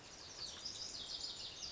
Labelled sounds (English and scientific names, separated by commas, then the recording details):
Lazuli Bunting (Passerina amoena)
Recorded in Sonoma County, California